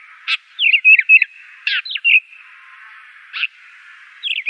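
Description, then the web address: Blackstart singing a few sweet, slurred whistles and sharp chips in small clusters, separated by pauses of roughly a second. "Schulze Peter Blackstart song"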